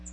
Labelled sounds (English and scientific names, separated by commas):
Magnolia Warbler (Setophaga magnolia) flight call